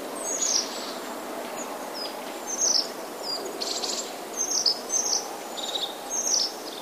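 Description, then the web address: Crested Tit calls: bursts of high, thin notes at irregular intervals, over continuous background hiss. "wroblowe ptaki czubatki"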